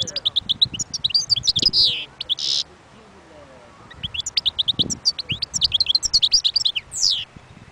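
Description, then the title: European goldfinch song, quick twittering phrases with a buzzy rasp, a brief pause, then another run of bright tinkling notes ending in a descending slur. "اجمل غناءالحسون الخلويchant chardonneret sauvage"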